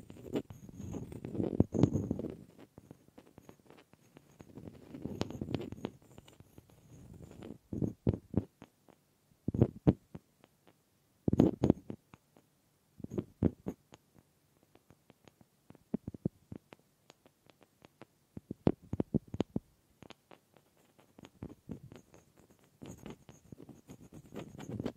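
Wooden objects are tapped and knocked in irregular clusters of sharp clicks, with soft low rubbing swells between them and near silence elsewhere.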